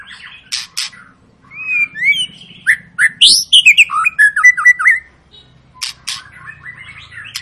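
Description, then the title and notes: White-rumped shama pouring out quick sliding whistles and clicks in a dense burst, then quieter scratchy twitters. Long continuous lure song of a shama singing prolifically, meant to prompt other birds to sing. "Pancingan Murai Batu Gacor Panjang. muraiku"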